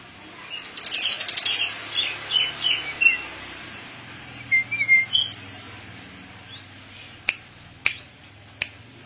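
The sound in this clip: Bird singing a quick rattling trill followed by varied high chirps and whistles in short bursts, then several sharp clicks near the end.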